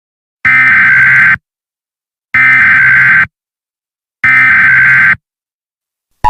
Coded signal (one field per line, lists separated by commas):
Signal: Emergency Alert System (SAME) tones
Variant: header bursts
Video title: EAS Scenario #1: Tornado Trouble (old)